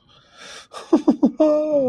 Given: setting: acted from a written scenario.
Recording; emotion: vocal sound without words; elation